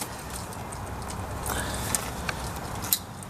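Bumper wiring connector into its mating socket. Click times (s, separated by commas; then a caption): 2.9 s. An electrical connector on the second side of a 2010–2012 Ford Fusion front bumper is pushed by hand into its mating socket over steady background noise. Two faint ticks come at about 1.9 and 2.3 seconds, then a sharp click at 2.9 seconds. The connector is seated.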